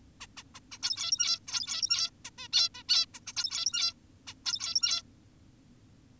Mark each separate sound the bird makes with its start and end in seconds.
0.21-0.27, 0.37-0.43, 0.55-0.60, 0.72-0.78, 0.83-1.39, 1.48-2.10, 2.25-2.30, 2.38-2.48, 2.53-2.69, 2.75-2.83, 2.89-3.06, 3.14-3.20, 3.27-3.33, 3.37-3.94, 4.27-4.34, 4.45-5.02